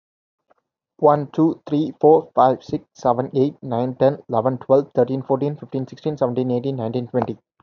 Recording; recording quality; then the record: counting at a fast pace; excellent, no background noise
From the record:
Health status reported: healthy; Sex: male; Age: 21 years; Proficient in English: yes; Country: India